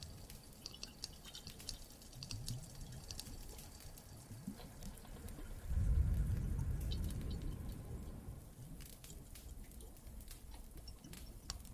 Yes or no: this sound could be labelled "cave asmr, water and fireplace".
yes